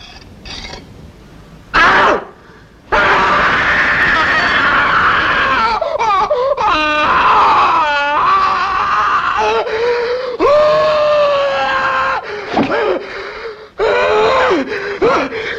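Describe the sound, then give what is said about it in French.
A man howls and wails in agony, loud drawn-out cries with wavering, bending pitch, broken by ragged gasps and strained breaths, with no speech: Oedipus blinding himself and screaming in pain in Pasolini's 1967 film Oedipus Rex. “C'est le moment en plus où Œdipe se crève les yeux et hurle de douleur.”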